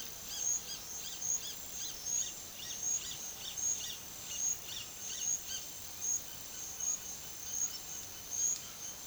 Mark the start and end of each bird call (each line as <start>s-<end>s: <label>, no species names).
0.00s-5.61s: bird call